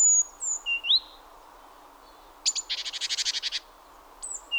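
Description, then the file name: Great tit calls: a few thin high whistled notes, then a rapid harsh buzzy churr lasting about a second. "Parus major"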